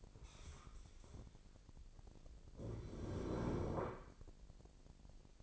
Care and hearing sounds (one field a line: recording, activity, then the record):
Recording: daily activity, microphone in the room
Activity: stand up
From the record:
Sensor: 5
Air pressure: 1002.0 hPa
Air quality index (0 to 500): 246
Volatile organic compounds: 30 ppm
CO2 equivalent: 2960 ppm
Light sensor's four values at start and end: 38/91/38/41 and 38/91/38/41